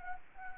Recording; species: mosquito wingbeat signal from an infrared sensor; Anopheles gambiae